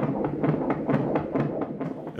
At the Ruba International Hospital in Madrid, a couple look at scans and hear the heartbeat of their unborn baby.